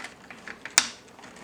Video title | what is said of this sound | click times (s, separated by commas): 变形金刚DX9飞天虎G2色合体玩具开箱 | Lock it with this side | 0.8 s